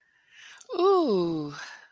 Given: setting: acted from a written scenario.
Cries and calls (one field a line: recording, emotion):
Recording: vocal sound without words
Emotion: ecstasy